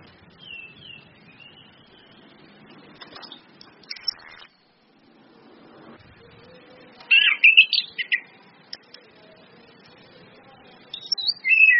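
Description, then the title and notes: Orange-headed thrush song: a faint thin whistle early, then a burst of rapid, jumbled high notes and a final quick whistled flourish. Indonesian bird-training lure recording of anis kembang in ngeplong song style, mixed with female whistles (suitan betina), meant to make birds sing vigorously (gacor); used as masteran tutor audio. "Anis Kembang 5. PANCINGAN anis kembang ngeplong dan SUITAN BETINA. Masteran Anis Kembang"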